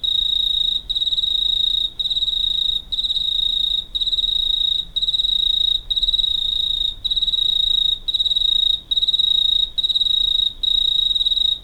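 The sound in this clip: Cricket chirping in a regular rhythm, high trilled bursts of about a second each separated by short pauses, repeating throughout.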